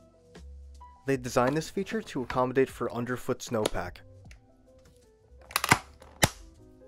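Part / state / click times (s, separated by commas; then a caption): boot toe cleats into snowboard binding toe hooks / seated / 5.6 s, 5.7 s, 6.2 s. Someone talks, then the toe cleats of a snowboard boot are pushed into the toe hooks of a Burton Step On binding while the heel sits in the first position. Sharp clicks at 5.6, 5.7 and 6.2 seconds mark the toe cleats locking in, and the boot stays secure.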